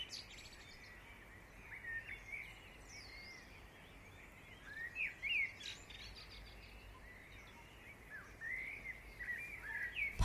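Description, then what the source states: Birds singing in a chorus, many overlapping chirps, short whistles and trills that come in waves, over a steady low background rumble. Dawn chorus.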